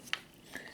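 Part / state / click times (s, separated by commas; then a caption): plastic retaining clip into roof drip molding / seated / 0.1 s. A replacement plastic retaining clip is set into the roof drip molding of a 2006-2011 Honda Civic, and its barbed tabs lock in with a sharp, bright click at 0.1 s. A softer tick follows at about 0.6 s. The clip is seated.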